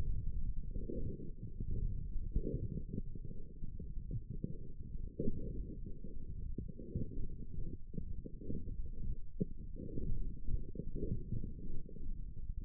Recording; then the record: forearm muscle sounds (acoustic myography)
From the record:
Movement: wrist extension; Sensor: system 1, eight BSWA MPA416 microphones around the upper forearm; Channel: 7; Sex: male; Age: 21 years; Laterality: right